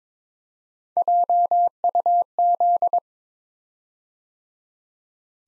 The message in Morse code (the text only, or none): JUZ